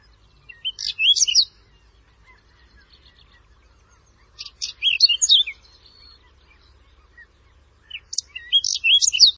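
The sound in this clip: Bird song in three separated bursts of high, rapid chirping and twittering phrases, with quiet pauses and a faint low hum.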